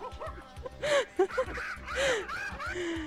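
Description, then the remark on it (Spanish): A monkey screams in a string of shrill, rising-and-falling shrieks, some harsh and raspy, repeating in quick bursts over a steady low thumping pulse. “Otra vez el monito ahí gritando de que ya está probando y metiéndose el mango por donde puede.”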